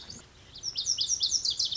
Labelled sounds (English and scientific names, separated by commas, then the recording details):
Lazuli Bunting (Passerina amoena)
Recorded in Sonoma County, California